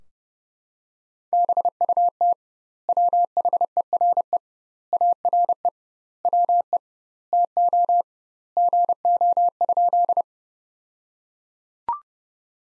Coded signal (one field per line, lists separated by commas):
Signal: Morse code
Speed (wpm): 30 wpm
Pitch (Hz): 700 Hz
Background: none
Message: BUT WHERE ARE WE TO GO?